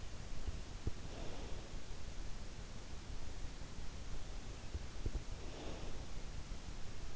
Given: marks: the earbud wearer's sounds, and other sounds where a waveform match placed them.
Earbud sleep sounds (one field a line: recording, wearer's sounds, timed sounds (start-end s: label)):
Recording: sounds in sleep by an in-ear microphone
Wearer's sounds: breath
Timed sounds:
1.15-2.26 s: breath
5.64-6.64 s: breath